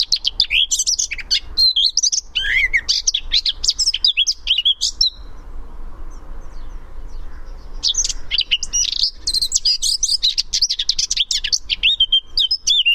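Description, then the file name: Eurasian blackcap song: rapid scratchy chattering warble, a pause of a few seconds, then another hurried, high, varied warbling phrase. "Sylvia atricapilla"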